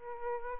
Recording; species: mosquito wingbeat signal from an infrared sensor; Aedes albopictus